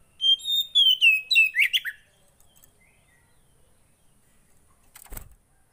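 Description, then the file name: Oriental magpie-robin song: a short run of clear whistled notes sliding downward, ending in quick chirpy notes, then near silence broken by one brief thump. Song that makes a caged magpie-robin immediately agitated; Indonesian local name kacer. "Burung kacer anda langsung emosi dengar ini"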